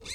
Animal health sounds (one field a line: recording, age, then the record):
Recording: pig call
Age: weaner (32 to 43 days)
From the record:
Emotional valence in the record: negative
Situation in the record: novel object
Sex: female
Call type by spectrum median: high-frequency call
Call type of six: high-frequency stable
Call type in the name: high-frequency stable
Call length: 0.15 s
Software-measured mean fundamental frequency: 446 Hz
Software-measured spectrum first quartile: 1889 Hz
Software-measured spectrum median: 3838 Hz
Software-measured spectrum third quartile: 5552 Hz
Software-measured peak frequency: 2154 Hz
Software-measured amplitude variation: 119 dB a second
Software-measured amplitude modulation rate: 9.7 a second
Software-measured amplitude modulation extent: 12.3 dB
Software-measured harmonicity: 4.1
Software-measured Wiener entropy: -2.37